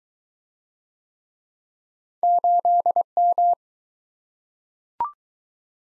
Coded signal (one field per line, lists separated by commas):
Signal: Morse code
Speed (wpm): 20 wpm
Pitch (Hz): 700 Hz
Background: none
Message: 8M